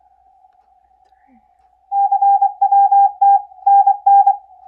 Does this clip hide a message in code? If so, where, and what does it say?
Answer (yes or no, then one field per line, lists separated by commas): yes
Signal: Morse code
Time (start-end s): 1.9-4.3 s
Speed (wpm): 26 wpm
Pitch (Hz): 780 Hz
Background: none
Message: CWT NN